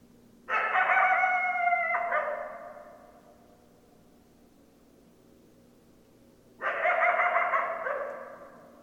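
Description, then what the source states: Coyote calls: two loud harmonic calls, each ending with an abrupt lower step, separated by quiet. Coyotes, 10 December 2012.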